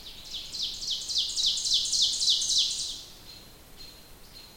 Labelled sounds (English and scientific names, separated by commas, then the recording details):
Ovenbird (Seiurus aurocapilla) song
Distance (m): 20 m
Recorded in boreal forest in Alberta, Canada, on 27 June 2016 at 08:10
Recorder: SongMeter 3, array SBT-6-79
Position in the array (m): 207 m, 27 m
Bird 39